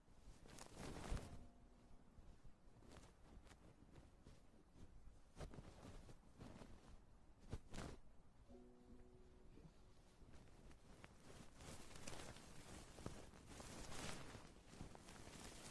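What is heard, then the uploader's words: An ear massage recording full of close rubbing, scratching and crinkling sounds that shift and overlap without a steady rhythm. Sharp brushing sweeps stand out near 1, 5.5 and 7.5 seconds, with brief tonal squeaks around 1 and 8.5–9.5 seconds, and denser scratching toward the end. Ear Massage.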